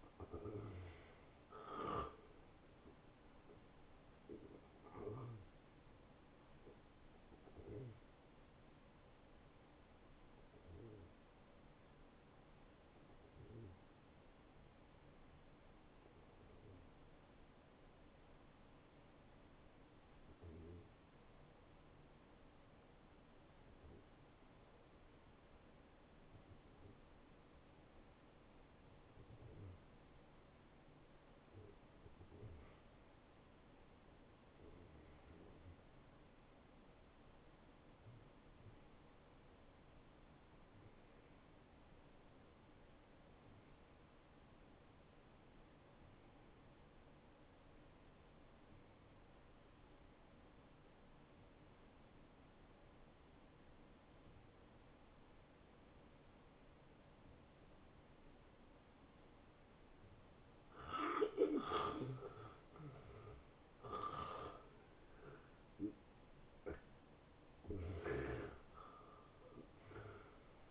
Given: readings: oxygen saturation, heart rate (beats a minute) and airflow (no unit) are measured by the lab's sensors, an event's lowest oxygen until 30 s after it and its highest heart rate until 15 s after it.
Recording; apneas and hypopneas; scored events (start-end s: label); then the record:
breathing in sleep by a voice recorder at the bedside; 1
9.00-61.00 s: hypopnea (N1, oxygen 96% highest, then 88% lowest, heart rate 83 at the start, 85 highest)
19.00-70.71 s: new sleep stage, N2 (light sleep)
From the record:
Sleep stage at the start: N1 (lightest sleep); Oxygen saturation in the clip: 90 to 96%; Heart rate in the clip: 72 to 85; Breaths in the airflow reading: 12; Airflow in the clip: -18.9 to 11.2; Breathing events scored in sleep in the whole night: 263 in 5.5 hours asleep